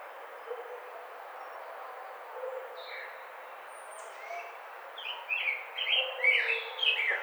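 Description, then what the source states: Baltimore oriole giving a short run of clear whistled notes in the last two seconds after a quiet start, over a soft background hiss. Recorded on 29 May 2009.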